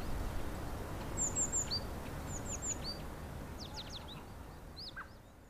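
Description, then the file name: Great tit giving thin, high, quick downslurred call notes in short bursts over a steady low rumble of background noise. "Parus major"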